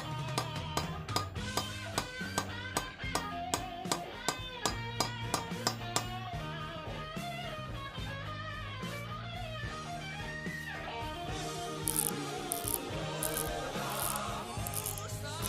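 Music with a steady, quick beat of sharp, clanking hits over a low bass line and a busy melody for the first seven seconds. The beat then thins out, leaving sustained tones and wavering notes, with bright metallic taps returning near the end.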